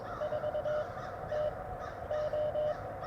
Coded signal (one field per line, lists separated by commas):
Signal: Morse code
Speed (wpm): 22 wpm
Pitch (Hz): 600 Hz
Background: none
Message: 4 T O